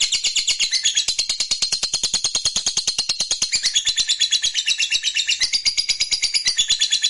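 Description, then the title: Lovebird in a sustained rapid trill, a dense string of piercing high chirps. Fighter lovebird performing ngekek panjang, a long trill. "Begitu Dengar Suara Lovebird FIGHTER NGEKEK PANJANG"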